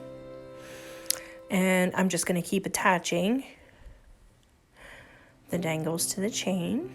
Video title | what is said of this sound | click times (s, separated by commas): Design Challenge Cozy Up Chain Lariat Jesse James Beads DIY Jewelry | we going in a little bit to get it to click in place | 1.1 s